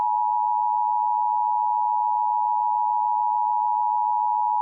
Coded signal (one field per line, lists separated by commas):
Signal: Emergency Alert System (SAME) tones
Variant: 853 and 960 Hz attention tone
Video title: EAS alert (use this as a prank!)